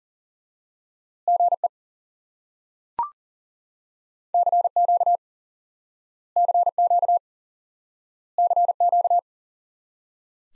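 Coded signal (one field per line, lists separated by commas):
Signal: Morse code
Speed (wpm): 40 wpm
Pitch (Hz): 700 Hz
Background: none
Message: GE CQ CQ CQ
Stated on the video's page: Morse drill of common QSO elements for instant word recognition, single element repeated.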